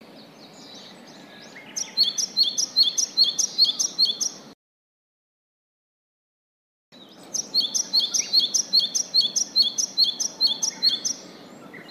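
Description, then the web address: Japanese tit calls: rapid, high, thin chirping notes in fast repeated series, broken by a short silent gap midway, over a soft low background hum. "izumino saunndo sizyuukara"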